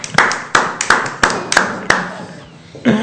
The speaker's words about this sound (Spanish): Un fuerte aplauso para